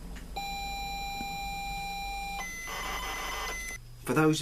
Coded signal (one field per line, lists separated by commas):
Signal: ZX Spectrum tape loading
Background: speech